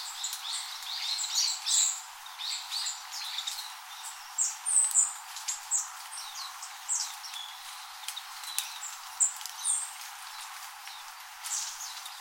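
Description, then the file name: Warbling white-eye twittering: rapid, high-pitched chirps and thin notes tumbling over one another throughout. "mejiro"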